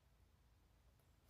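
A zipper slider is lined up on the end of the fabric zipper tape of a fabric pencil pouch, ready to be pushed down onto the teeth. Only faint low handling noise and a steady low hum are heard, with no distinct click. Nothing has seated or clicked yet.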